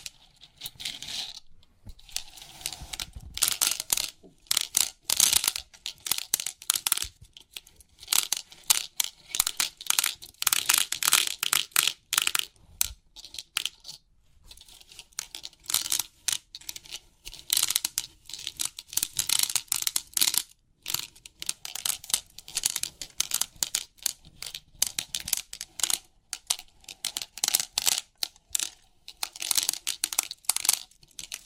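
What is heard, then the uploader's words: Crisp, rapid clicking and ticking from 3D pin art, the pins pressed and shifted in dense bursts throughout. The sounds are bright and sharp, with brief quiet gaps near 1.5, 14 and 21 seconds before the steady crackling patter resumes. Crisp 3D Pin Art Tingles(No Talking).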